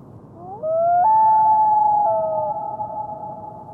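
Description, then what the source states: Common Loon wail: one long, mournful note that rises in steps, then holds steady and slowly fades. Wail given between a mated pair out of sight of each other, seeking contact, meaning 'here I am, where are you?'; the mate gives no answer.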